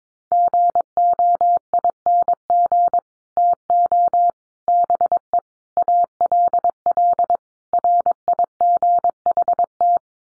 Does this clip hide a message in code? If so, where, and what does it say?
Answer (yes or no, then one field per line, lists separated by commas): yes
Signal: Morse code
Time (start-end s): 0.3-10.0 s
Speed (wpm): 22 wpm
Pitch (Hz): 700 Hz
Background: none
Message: GOING TO BE ALL RIGHT